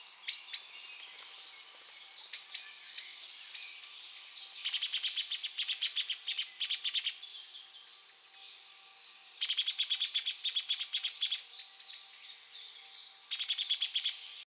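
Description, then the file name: Common blackbird giving sharp, high chinking calls, some in fast clicking bursts and others spaced out, with quiet pauses between runs. "Turdus merula"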